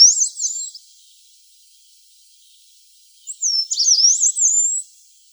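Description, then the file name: Yellow-browed warbler singing thin, very high whistled phrases that swoop down and up, two bursts separated by a few seconds of silence. "Penochka zarnichka"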